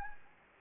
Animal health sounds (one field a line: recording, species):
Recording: mosquito wingbeat signal from an infrared sensor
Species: Anopheles gambiae